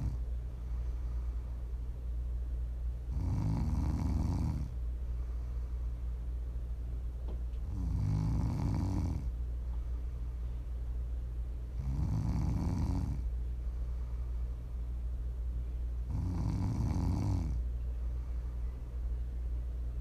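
ASMR snoring from a sleeping adult: four low-pitched snores, each lasting over a second, about every four seconds, with quiet breathing and a steady low hum between them.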